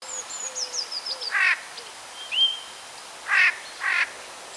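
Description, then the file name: Eurasian jay harsh rasping calls, three short screeches spaced unevenly, with thin high whistles and chirps from other birds early. "Garrulus glandarius"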